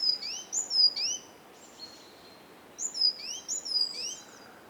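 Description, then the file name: Great tit delivering high, clipped paired notes in two brief bouts separated by a quieter gap; steady faint noise underneath. "Parus major"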